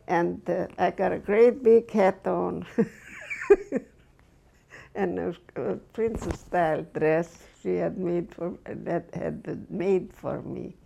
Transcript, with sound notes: and, uh, I got a great big hat on, (she laughs) and a princess style dress. She had made for me, that was made for me